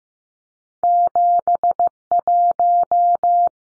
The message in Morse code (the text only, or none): 71